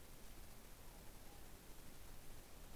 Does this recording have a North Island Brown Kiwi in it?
no